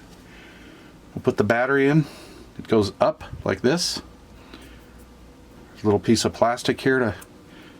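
A rechargeable battery with a small plastic pull tab is handled at the battery compartment of a GoPro HERO 8 Black action camera, ready to be pushed in. Someone talks throughout, with quiet handling noise between phrases. The battery has not seated or clicked into place yet.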